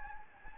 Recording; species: mosquito wingbeat signal from an infrared sensor; Anopheles gambiae